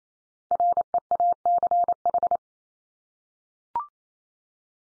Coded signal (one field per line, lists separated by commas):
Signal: Morse code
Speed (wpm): 28 wpm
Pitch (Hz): 700 Hz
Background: none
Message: REACH